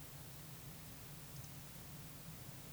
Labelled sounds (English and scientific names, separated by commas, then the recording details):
Eurasian Woodcock (Scolopax rusticola) whistle
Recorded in Baden-Württemberg, Germany, on 11 June 2021 at 20:07 UTC
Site 24606, 635 m above sea level